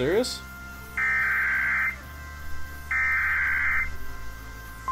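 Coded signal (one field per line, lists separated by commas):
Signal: Emergency Alert System (SAME) tones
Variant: header bursts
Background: speech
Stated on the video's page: Sample EAS tones for a decoding tutorial; encoding can be done with MultiMode Cocoa on Mac or a separate encoder.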